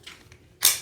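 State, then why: Seated. A metal handle piece is pushed onto a SmallRig iPhone camera cage. After faint scraping and light taps, a sharp, bright click at 0.6 seconds shows the two pieces locking into place.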